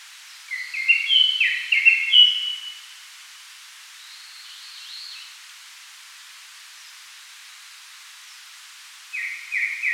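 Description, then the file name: Japanese thrush song: a loud burst of quick, clear whistled notes for about two seconds, a faint warbled phrase midway, then another bright phrase starting near the end. "Turdus cardis"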